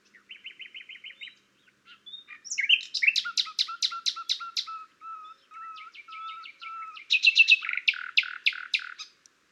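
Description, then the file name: Common nightingale in a long song: short repeated whistles, then loud rapid chirps over a run of low fluting notes, ending in a fast burst of notes. "Luscinia megarhynchos"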